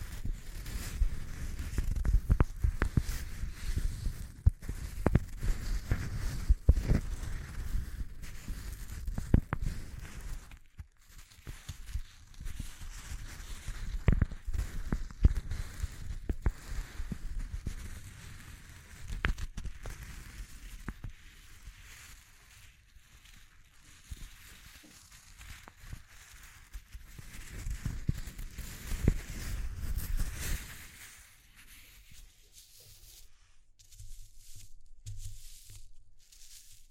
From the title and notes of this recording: ASMR Exploring Textures (No Talking).